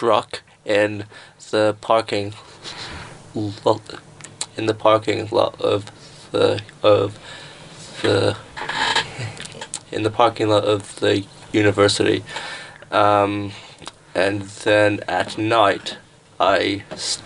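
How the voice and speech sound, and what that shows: Adult man repeats whole phrases and words, stretches sounds and pauses long: stuttered speech.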